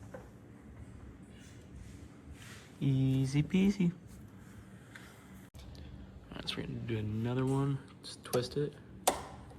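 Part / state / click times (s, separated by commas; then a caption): arrow nock receiver indexing on a fletching jig / seated / 9.1 s. The arrow nock holder on a Bitzenburger fletching jig is twisted to the next vane position while someone talks. The indexing detent clicks into place with one sharp tick at 9.1 s, seating the holder in position.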